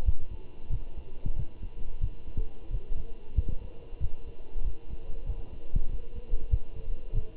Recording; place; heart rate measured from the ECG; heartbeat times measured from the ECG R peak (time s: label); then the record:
heart sounds by stethoscope; between the tricuspid and mitral areas; 93 bpm
0.06 s: heartbeat
0.71 s: heartbeat
1.37 s: heartbeat
2.02 s: heartbeat
2.71 s: heartbeat
3.36 s: heartbeat
4.01 s: heartbeat
4.65 s: heartbeat
5.27 s: heartbeat
5.90 s: heartbeat
6.51 s: heartbeat
7.14 s: heartbeat
From the record:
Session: walking at 3.7 km/h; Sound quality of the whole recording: good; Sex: male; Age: 23 years